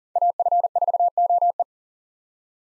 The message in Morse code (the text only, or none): AF4OE